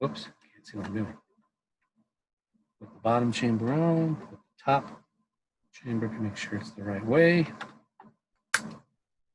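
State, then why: Seated. Someone talks while fitting the bottom and top plastic chamber sections of a toy lightsaber hilt together around the kyber crystal onto the hilt body. A sharp click is heard at 8.6 seconds as the chamber snaps in place and is seated.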